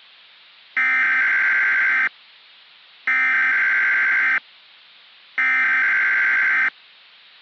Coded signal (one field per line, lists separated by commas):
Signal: Emergency Alert System (SAME) tones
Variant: header bursts